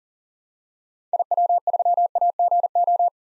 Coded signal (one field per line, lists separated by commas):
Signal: Morse code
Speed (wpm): 40 wpm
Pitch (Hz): 700 Hz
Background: none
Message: IW3AGO